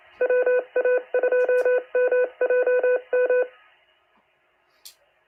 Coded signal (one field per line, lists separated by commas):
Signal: Morse code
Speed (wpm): 27 wpm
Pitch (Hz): 500 Hz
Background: none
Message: WA2MJM